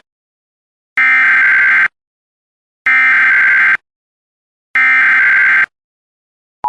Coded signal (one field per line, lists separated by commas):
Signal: Emergency Alert System (SAME) tones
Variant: header bursts